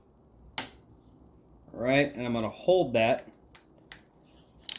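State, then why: Torque reached. A torque wrench on a camshaft timing tool, tensioning the timing chain on a 2012–2021 Land Rover Range Rover L405 5.0L engine during an engine build, gives a single sharp click at 0.6 s as it reaches about 20 ft-lb. Someone then talks, followed by a few faint light clicks and taps near the end.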